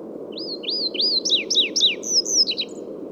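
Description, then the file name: Chestnut bunting singing a brisk sequence of swooping whistled notes that climb then drop, closing with a few thin high notes, with constant low background noise. "Ocyris rutilus song"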